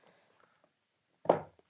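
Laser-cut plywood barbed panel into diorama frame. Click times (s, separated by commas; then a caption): 1.3 s. A laser-cut barbed plywood panel is pushed into its slots in a diorama frame, with faint light taps before a single sharp, loud snap at 1.3 s that rings briefly and decays. The panel seats perfectly flush.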